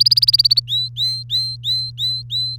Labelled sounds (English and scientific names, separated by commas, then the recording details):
Domestic Canary (Serinus canaria) song
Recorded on 3 May 2018 at 12:26
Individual llb3